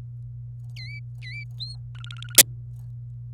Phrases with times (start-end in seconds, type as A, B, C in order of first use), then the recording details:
0.76-1.44 A, 1.58-1.75 B, 1.95-2.38 C. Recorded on 27 April 2018 at 06:35. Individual llb3